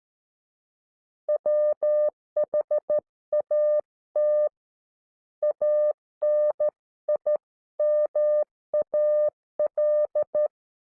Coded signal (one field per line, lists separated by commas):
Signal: Morse code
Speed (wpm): 13 wpm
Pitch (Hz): 560 Hz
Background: none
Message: WHAT ANIMAL